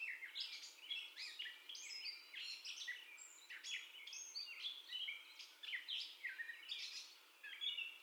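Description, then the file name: Gray catbird song: a jumbled run of chattering, mewing and squeaky notes that jump up and down in pitch, with a brief pause near the end. First song, recorded 30 May 2021. "2021-05-30 Catbird First Song 0448"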